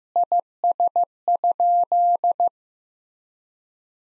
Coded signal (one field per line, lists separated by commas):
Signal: Morse code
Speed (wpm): 16 wpm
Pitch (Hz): 700 Hz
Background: none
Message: IS?